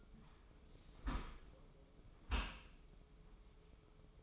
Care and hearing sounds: daily activity, microphone in the room; close dishwasher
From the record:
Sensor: 1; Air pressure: 995.9 hPa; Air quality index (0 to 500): 63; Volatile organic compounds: 2 ppm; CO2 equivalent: 1274 ppm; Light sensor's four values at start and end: 31/107/41/43 and 31/108/42/43

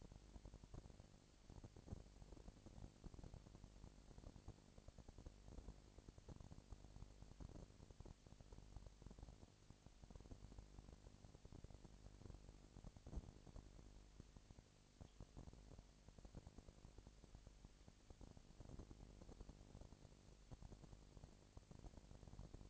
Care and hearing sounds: daily activity, microphone in the room; no activity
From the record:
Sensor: 5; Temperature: 20.1 degrees Celsius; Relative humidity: 38.3%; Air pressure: 998.9 hPa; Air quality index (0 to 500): 218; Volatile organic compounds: 24 ppm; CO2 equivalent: 2807 ppm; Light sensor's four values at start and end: 2/3/1/1 and 2/3/1/1

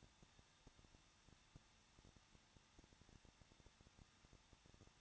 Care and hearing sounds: daily activity, microphone in the room; no activity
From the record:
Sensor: 3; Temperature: 21.2 degrees Celsius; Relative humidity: 36.3%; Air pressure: 1006.5 hPa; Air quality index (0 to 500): 221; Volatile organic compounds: 39 ppm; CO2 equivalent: 3132 ppm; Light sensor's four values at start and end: 2/3/2/2 and 2/3/2/2

